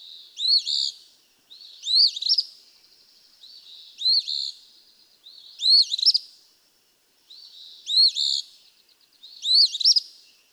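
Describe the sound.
Eastern phoebe singing several raspy fee-bee phrases at steady intervals, separated by soft buzzy notes.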